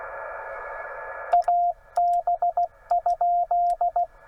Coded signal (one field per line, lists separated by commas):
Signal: Morse code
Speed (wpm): 16 wpm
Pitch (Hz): 700 Hz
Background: radio noise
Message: AB?